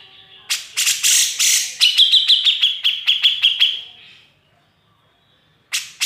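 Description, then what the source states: Grey-cheeked bulbul, a scratchy harsh outburst running into a steady train of sharp high repeated notes, then silence before another burst begins. Masteran training recording, used for tutoring songbirds.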